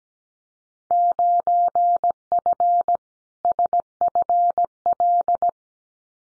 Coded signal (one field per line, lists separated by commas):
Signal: Morse code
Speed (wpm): 17 wpm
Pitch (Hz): 700 Hz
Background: none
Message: 9F SFL